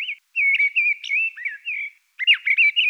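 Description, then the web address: Mistle thrush giving a run of fluty, warbling phrases with quick slurred notes, a short pause, then another rich, twittering phrase. "Turdus viscivorus"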